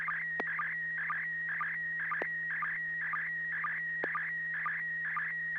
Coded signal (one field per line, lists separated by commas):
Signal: SSTV (slow-scan television)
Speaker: it it actually came through really well for me it's a super good resolution few pixelations I see